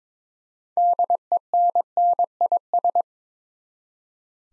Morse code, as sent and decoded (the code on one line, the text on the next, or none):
-.. . -. -. .. ...
DENNIS